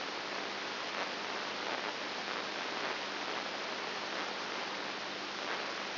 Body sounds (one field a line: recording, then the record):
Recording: brain microelectrode recording played as sound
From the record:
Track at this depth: inside the subthalamic nucleus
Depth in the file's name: 3.501 mm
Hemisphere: right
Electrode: 2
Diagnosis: Parkinson's disease